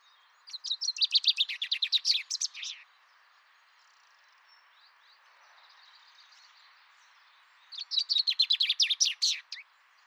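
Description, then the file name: Common chaffinch song: two full phrases several seconds apart, each a rapid series of sweet notes tumbling downward to a terminal flourish. "Fringilla coelebs"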